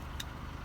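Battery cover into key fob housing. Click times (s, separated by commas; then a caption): 0.2 s. The plastic battery cap of a 2016–2019 VW keyless remote key fob is pushed back onto the fob housing by hand. It gives one short, bright click at 0.2 s over a steady low background hum. The cover is seated and clicked into place.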